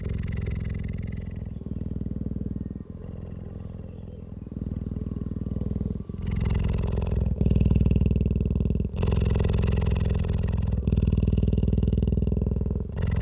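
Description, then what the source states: Cheetah purring, a deep continuous pulsing rumble that switches phase every one to two seconds, rising louder in the second half. Adult cheetah.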